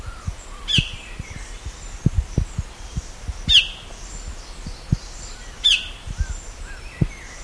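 Bird calls: three sharp, high chirps a few seconds apart, with faint arched notes and low tapping sounds.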